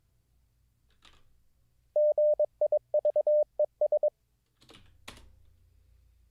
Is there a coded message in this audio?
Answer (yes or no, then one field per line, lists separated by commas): yes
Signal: Morse code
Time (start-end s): 2.0-4.1 s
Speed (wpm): 23 wpm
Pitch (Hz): 600 Hz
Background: none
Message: GIVES